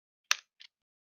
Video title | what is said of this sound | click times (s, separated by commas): Is Today The Day Media Episode 21 - Marijuana for New Mexicans, and Helmets for Warriors. | you guys hear that yeah they could hear that i think um that audible click | 0.3 s